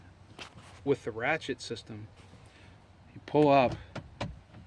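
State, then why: Seated. The plastic seat ratchet in the frame of a 2016 Necky Rip 12 ACS 2.0 kayak seat is pulled up to set the leg angle while someone talks. A single sharp click at 4.2 seconds marks the ratchet locking into place.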